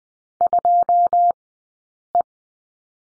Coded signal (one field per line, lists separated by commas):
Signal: Morse code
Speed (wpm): 20 wpm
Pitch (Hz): 700 Hz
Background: none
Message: 2E